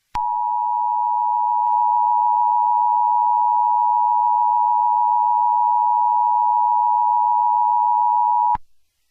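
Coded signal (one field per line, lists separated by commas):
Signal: Emergency Alert System (SAME) tones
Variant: 853 and 960 Hz attention tone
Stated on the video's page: Fictional EAS scenario alert for an asteroid impact, made for entertainment and not broadcast; the tones may be valid and are loud.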